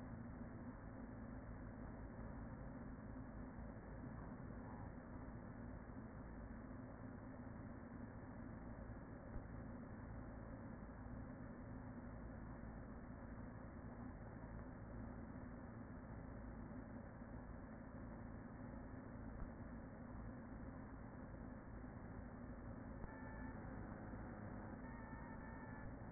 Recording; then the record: honeybee colony, microphone inside the hive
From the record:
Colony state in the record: queen present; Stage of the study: after two queens were removed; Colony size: about 40,000 bees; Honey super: no